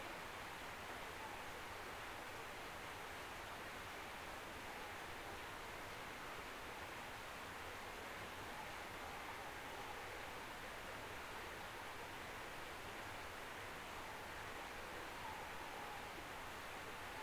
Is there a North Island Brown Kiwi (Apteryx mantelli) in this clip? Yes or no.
no